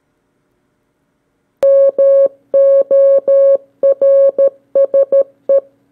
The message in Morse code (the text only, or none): MORSE